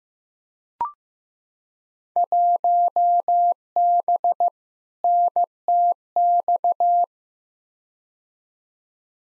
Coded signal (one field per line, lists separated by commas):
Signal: Morse code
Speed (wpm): 15 wpm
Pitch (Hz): 700 Hz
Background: none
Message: 1B NTX